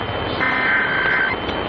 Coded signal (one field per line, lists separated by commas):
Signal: Emergency Alert System (SAME) tones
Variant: header bursts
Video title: THREE RMTS, ONE NIGHT - LA, TN and NYC Monthly Tests (02/09/2022) - EAS #18-20